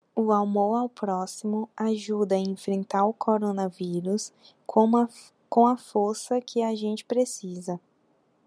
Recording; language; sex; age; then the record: spoken sentence; Brazilian Portuguese; female; 20 to 29 years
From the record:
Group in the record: control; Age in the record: 20 years